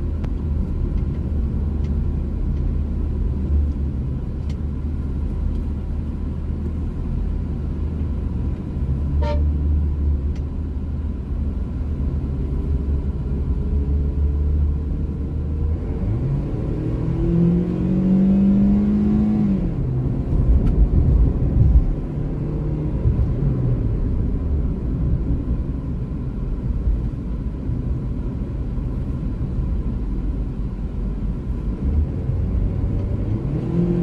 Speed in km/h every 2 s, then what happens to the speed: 21, 25, 17, 19, 28, 29, 32, 39, 55, 64, 69, 71, 51, 44, 40, 41, 51.
0-6 steady at about 19. 6-21 speeds up to 71. 22-28 brakes to 40. 28-34 speeds up to 51.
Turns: 11-17.